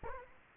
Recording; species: mosquito wingbeat signal from an infrared sensor; Anopheles arabiensis